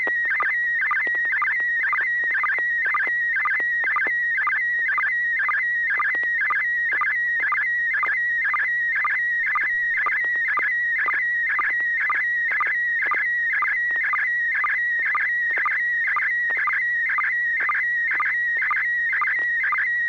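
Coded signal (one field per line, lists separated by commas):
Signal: SSTV (slow-scan television)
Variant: PD120 mode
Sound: continuous warbling whistle near 1.9 kHz with rapid regular ticking dips throughout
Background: low electrical hum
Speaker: well this is going to be on uh pd120 and if i can get the thing to quit switching we'll give it a shot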